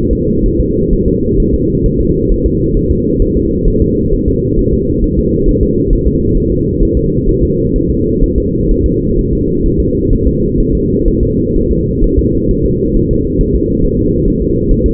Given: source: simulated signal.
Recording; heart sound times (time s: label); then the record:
fetal heart sounds
0.13 s: S2
0.46 s: S1
0.60 s: S2
0.93 s: S1
1.08 s: S2
1.40 s: S1
1.55 s: S2
1.86 s: S1
2.01 s: S2
2.32 s: S1
2.46 s: S2
2.77 s: S1
2.91 s: S2
3.22 s: S1
3.37 s: S2
3.68 s: S1
3.82 s: S2
4.13 s: S1
4.28 s: S2
4.59 s: S1
4.73 s: S2
5.04 s: S1
5.19 s: S2
5.49 s: S1
5.63 s: S2
5.93 s: S1
6.08 s: S2
6.37 s: S1
6.52 s: S2
6.83 s: S1
6.97 s: S2
7.29 s: S1
7.43 s: S2
7.76 s: S1
7.90 s: S2
8.24 s: S1
8.38 s: S2
8.71 s: S1
8.86 s: S2
9.19 s: S1
9.33 s: S2
9.66 s: S1
9.80 s: S2
10.13 s: S1
10.27 s: S2
10.60 s: S1
10.75 s: S2
11.08 s: S1
11.23 s: S2
11.56 s: S1
11.71 s: S2
12.04 s: S1
12.19 s: S2
12.51 s: S1
12.66 s: S2
12.97 s: S1
13.11 s: S2
13.41 s: S1
13.55 s: S2
13.84 s: S1
13.99 s: S2
14.28 s: S1
14.42 s: S2
14.71 s: S1
14.86 s: S2
From the record:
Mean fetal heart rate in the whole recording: 130 bpm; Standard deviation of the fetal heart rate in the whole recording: 4 bpm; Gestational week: 38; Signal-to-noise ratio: -10.2 dB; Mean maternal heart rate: 72 bpm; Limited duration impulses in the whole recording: present